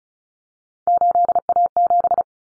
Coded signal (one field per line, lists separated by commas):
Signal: Morse code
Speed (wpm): 34 wpm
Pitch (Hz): 700 Hz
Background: none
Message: 8A7